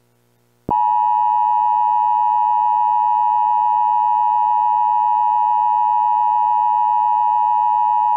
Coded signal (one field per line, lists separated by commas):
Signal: Emergency Alert System (SAME) tones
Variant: 853 and 960 Hz attention tone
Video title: [EAS Mock #1] Required Monthly Tropical Warning Test ***VALID TONES***